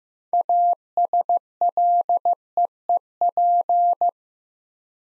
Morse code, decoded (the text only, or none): ASLEEP